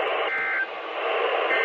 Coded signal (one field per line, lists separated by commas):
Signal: Emergency Alert System (SAME) tones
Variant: end-of-message bursts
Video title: (Recorded on Wednesday 4/2/25)Required Weekly Test On KEC78 and EOMS On WXM22 EAS#834 and 835